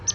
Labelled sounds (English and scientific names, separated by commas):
Palm Warbler (Setophaga palmarum) flight call